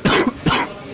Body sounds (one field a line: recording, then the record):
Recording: coughing mixed with background sound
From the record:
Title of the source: Coughing 46